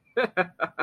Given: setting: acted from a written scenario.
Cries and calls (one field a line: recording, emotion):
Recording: vocal sound without words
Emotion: amusement